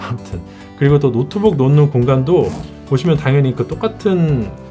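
Someone talks over music while handling the lock on the laptop compartment of a Nomatic Navigator Travel Backpack 32L, moving it toward its catch. The clip ends before the lock catches, so nothing has seated or clicked yet.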